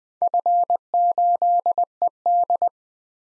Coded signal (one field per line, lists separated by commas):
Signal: Morse code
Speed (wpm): 20 wpm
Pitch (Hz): 700 Hz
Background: none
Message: F8ED